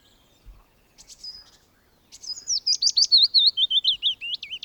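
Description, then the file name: Willow warbler song: after a few faint high notes, a sweet whistled phrase of quick notes slides gently downward over about two and a half seconds. "pouillotfitis"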